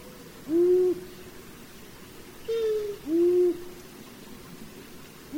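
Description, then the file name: Long-eared owl hoots: short, low hoots, three in about five seconds and a fourth starting at the very end, with a faint hiss in the background. "Hibou moyen duc"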